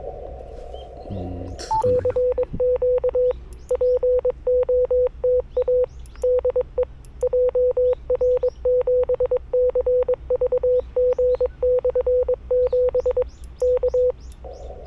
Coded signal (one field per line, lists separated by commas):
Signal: Morse code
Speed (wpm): 22 wpm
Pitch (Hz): 500 Hz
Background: none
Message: CQ POTA DE JR7CVG/7 K